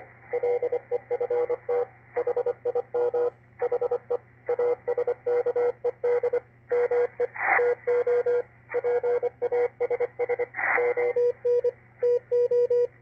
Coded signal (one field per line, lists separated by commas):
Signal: Morse code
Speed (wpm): 24 wpm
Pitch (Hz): 480 Hz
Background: radio noise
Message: LEFT HIM HE ASKED ME TO PASS ON TO